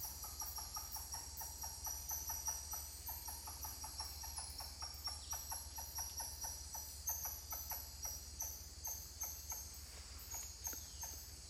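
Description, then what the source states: Titi monkey calls: a long run of short pulsed notes repeated rapidly and rhythmically, with a steady high insect chorus behind them. More than one titi monkey calling.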